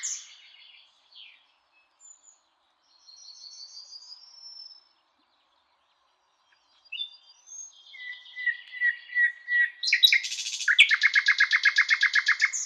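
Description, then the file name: Common nightingale song: quiet high whistled phrases, a pause, then a series of separate notes leading into a loud, rapid, buzzy trill. "Luscinia megarhynchos"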